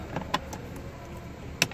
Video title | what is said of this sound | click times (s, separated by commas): BCM R&R - FsuperDuty | can all hear them click big | 1.6 s